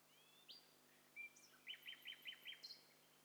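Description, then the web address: Several birds calling together: rising whistles, a short bright note, then a fast series of five repeated chirps at steady pace, with higher thin notes overlapping. Several birds calling at once; stereo recording. "Hi Fi STEREO BIRD COCKTAIL PARTY Challenge"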